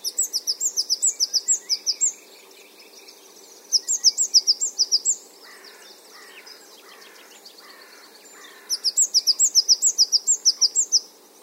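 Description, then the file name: Great tit calls in three fast bursts of sharp, high-pitched notes; between the second and third bursts comes a lower series of five slurred notes. "Parus major"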